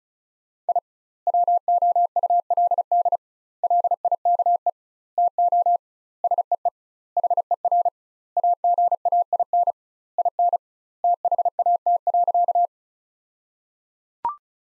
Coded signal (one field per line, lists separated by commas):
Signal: Morse code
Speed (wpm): 34 wpm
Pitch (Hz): 700 Hz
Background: none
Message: I WOULD LIKE TO SEE HER AGAIN IN THAT.